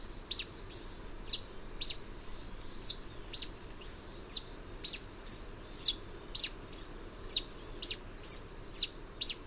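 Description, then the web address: Yellow-throated bush tanager singing a steady series of thin, high, sharply downslurred notes over a low background hum. Recorded in Ecuador. "S America Birds of Ecuador. Yellow-throated Bush-Tanager"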